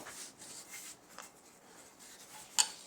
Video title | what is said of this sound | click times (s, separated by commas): Glass infuser bottle Unboxing and review | that just snaps into place right here | 2.6 s